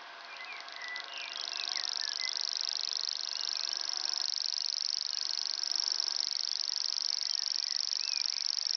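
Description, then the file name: Common grasshopper warbler song, a high dry reel starting after a second and running steadily to the end, over quiet whistles and chirps of other birds. Recorded at Ystad, Sweden, in 2011. "Gräshoppsångare - Locustella naevia-Ystad-Sweden-2011"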